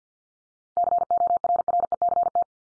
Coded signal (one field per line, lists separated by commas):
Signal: Morse code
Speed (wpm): 50 wpm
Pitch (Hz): 700 Hz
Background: none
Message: CORRECT